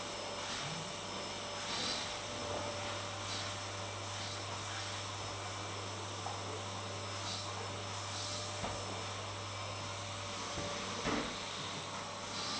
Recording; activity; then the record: daily activity, microphone in the room; vacuum cleaning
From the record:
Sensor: 3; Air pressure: 1000.1 hPa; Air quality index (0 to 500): 136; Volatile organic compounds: 2 ppm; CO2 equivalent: 1210 ppm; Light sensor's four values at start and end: 40/101/43/47 and 40/101/43/47